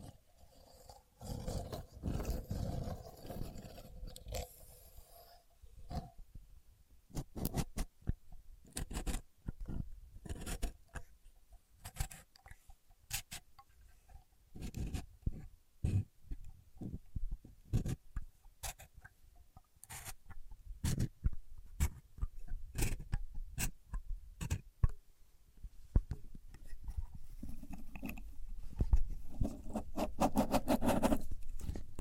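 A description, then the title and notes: A contour gauge is being worked, its many thin pins clicking and rattling in quick, irregular bursts. Sharp taps and dense scratchy patter come and go, with a rougher, fuller rubbing stretch in the first five seconds and busier clatter near the end. Using A Contour Gauge (No Talking).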